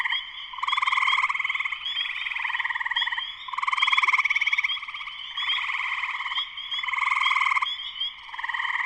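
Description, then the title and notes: Spring peeper: a full chorus of spring peepers, bright peeps mixed with rhythmic pulsed trilling, the whole sound swelling repeatedly. Full chorus shortly after sunset, Sleeping Bear Dunes National Lakeshore, northern Michigan, USA. "Spring peepers (chorus frogs) in full chorus shortly after sunset in the Sleeping Bear Dunes National Lakeshore in northern Michigan, USA. Recorded by Darrin Wassom. Music for Sleep"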